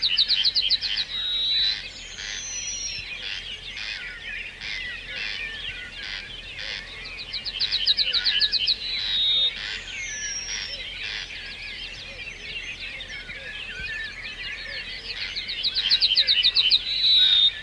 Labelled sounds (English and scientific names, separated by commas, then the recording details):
Yellowhammer (Emberiza citrinella)
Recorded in the wild
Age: adult
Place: Hörfeld, AT
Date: 1972-05-26
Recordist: Brunner, Thomas